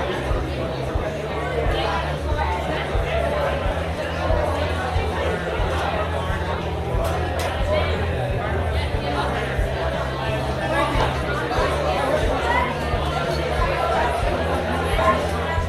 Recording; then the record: background sound without coughing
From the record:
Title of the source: CITY SOUNDS Busy Bar in the Evening Night - 2 HOURS of Ambiance for Relaxation